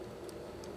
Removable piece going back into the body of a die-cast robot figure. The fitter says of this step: push it in till we hear the click.